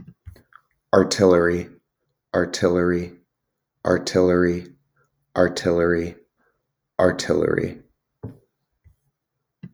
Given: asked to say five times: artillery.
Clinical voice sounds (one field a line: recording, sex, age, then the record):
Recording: repeated word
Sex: male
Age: 20 to 29 years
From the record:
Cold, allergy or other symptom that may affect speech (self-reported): no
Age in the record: 27 years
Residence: Georgia, United States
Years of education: 16